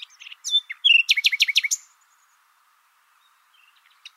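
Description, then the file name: Common nightingale song: a short varied phrase of chirps building into a fast series of loud, sharply downslurred notes, then quiet with a few faint notes. "Luscinia megarhynchos"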